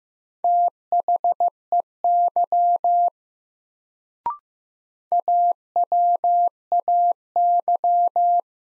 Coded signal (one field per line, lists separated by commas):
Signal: Morse code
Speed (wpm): 16 wpm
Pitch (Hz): 700 Hz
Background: none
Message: THEY AWAY